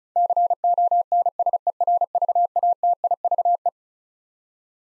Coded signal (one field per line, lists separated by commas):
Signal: Morse code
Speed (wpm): 36 wpm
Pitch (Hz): 700 Hz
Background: none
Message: CONSERVATIVE